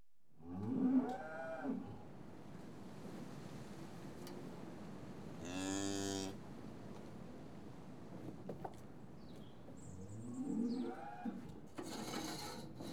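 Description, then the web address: Cattle lowing: a short low moo at the start and another near the end, with hiss and other noises between. Cattle in a yard, TB tested. "BBC Sound Effects Library BBC 35-Livestock. Cattle TB Tested In Yard"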